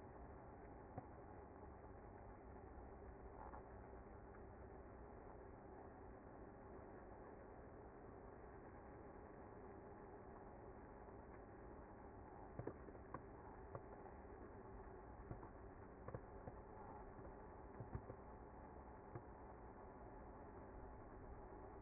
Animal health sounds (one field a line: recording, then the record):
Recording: honeybee colony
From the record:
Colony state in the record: active